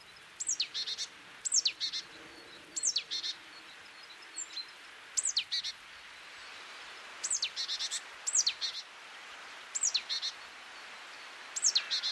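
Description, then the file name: Great tit calls: repeated short phrases of a high downslurred note followed by quick buzzy chatters, over a faint steady background hiss. "Parus major"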